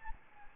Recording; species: mosquito wingbeat signal from an infrared sensor; Aedes albopictus